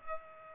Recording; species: mosquito wingbeat signal from an infrared sensor; Culex pipiens